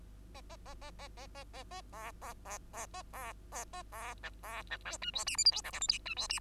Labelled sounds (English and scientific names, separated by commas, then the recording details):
Bengalese Finch (Lonchura striata domestica) song
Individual Bird2